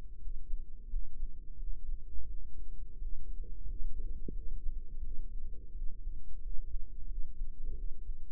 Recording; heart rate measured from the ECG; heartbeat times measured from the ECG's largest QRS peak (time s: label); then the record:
heart sounds by microphone in the right ear; 87 bpm
0.17 s: heartbeat
0.86 s: heartbeat
1.55 s: heartbeat
2.24 s: heartbeat
2.96 s: heartbeat
3.63 s: heartbeat
4.29 s: heartbeat
4.97 s: heartbeat
5.70 s: heartbeat
6.37 s: heartbeat
7.04 s: heartbeat
7.72 s: heartbeat
From the record:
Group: healthy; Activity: cold pressor test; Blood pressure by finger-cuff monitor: 126/87 mmHg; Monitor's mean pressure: 100 mmHg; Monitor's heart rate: 85 bpm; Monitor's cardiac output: 6.5 L/min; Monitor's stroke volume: 75 mL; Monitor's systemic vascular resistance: 1110 dyn s/cm5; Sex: male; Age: 21 years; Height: 180 cm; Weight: 67.5 kg